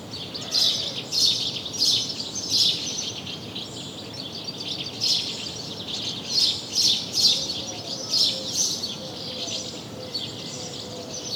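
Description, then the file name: House sparrow chirps, bright and sharp, coming in uneven bursts with short pauses between groups, over a faint low background hum. "Passer domesticus"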